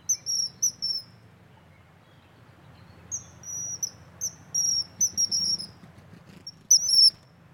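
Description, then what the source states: Common Kingfisher calls: thin, high whistled notes, short single and paired peeps and a few longer piping strings. Softer, whistle-like call; well-known bird in Europe and Asia.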